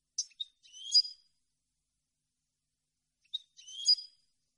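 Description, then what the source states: European goldfinch giving two brief high chirping phrases, each a sharp note followed by a short buzzy twitter, separated by a couple of seconds of silence. Clean goldfinch song on CD, for birds to copy as song training.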